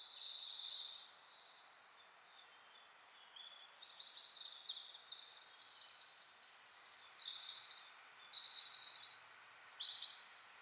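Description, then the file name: Eurasian wren song, faint high notes, then a loud rapid phrase ending in a rattling trill, followed by softer high twitters. "Troglodytes troglodytes"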